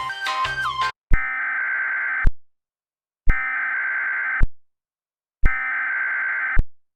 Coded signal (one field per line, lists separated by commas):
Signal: Emergency Alert System (SAME) tones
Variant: header bursts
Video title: EAS Reenactment Mock: TOR for Bandera TX, Bexar TX, and Medina TX - 05/27/2014